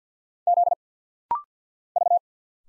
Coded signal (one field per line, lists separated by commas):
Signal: Morse code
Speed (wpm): 51 wpm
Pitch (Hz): 700 Hz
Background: none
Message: Z V